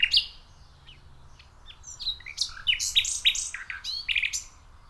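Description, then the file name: Common nightingale singing a varied jumble of sharp chirps, slurred whistles and clicking notes, the phrases coming quickly one after another over faint low background noise. "Luscinia megarhynchos"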